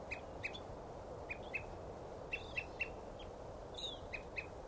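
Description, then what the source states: Evening Grosbeak calling with brief chirped notes, some paired, repeated at irregular intervals against soft constant background noise. An evening grosbeak calling nearby; field recording.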